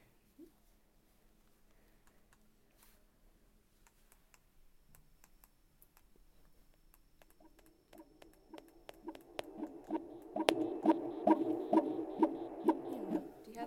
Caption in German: Der vorangehende Teil ist der Kopf. Mit dem Dobton einmal an den Rücken vom Kind. Da hört man die Herztöne am besten. Herzfrequenz ist bei 130, ist alles gut, alles im Normalbereich.